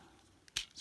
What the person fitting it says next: snap and we're good